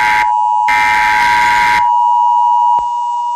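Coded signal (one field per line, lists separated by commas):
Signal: Emergency Alert System (SAME) tones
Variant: 853 and 960 Hz attention tone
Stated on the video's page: EAS tests.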